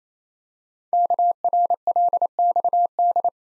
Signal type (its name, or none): Morse code